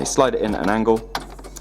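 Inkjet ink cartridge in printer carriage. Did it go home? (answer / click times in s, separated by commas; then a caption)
no / none. A new plastic ink cartridge for a Canon Pixma MG2950 printer is slid at an angle into the printer carriage while someone talks. Small handling clicks and taps follow near the end. Nothing has seated or clicked into place yet.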